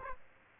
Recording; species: mosquito wingbeat signal from an infrared sensor; Aedes aegypti